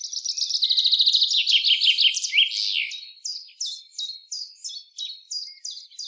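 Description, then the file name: Common chaffinch song: a rapid descending trill of bright notes ending in a flourish, followed by a run of short, sharp notes repeated about three times a second. "Fringilla coelebs"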